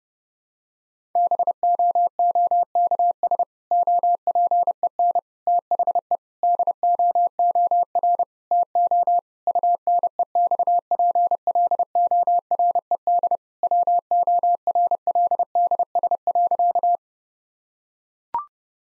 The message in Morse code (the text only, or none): BOOKS OPEN THE DOOR TO UNEXPLORED WORLDS.